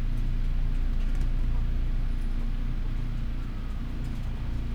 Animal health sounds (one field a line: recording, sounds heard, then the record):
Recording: poultry house recording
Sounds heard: healthy chickens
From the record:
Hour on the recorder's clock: 12